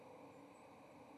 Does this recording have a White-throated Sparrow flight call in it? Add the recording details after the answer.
no. Another species' flight call is heard. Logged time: 08:53 on 30 October 2014